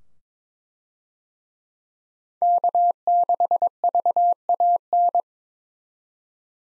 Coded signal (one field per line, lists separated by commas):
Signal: Morse code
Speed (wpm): 22 wpm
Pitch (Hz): 700 Hz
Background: none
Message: K6VAN